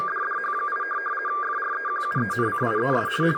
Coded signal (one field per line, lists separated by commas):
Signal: RTTY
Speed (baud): 50 baud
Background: speech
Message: DDH8 FREQUENCIES